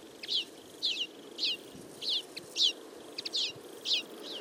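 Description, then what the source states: Common Linnet calls, short twittering notes repeated about twice a second. Flock of about fifty feeding in a field, late summer; calls, flights and autumn babbling; recorded for an hour with a single-microphone parabola.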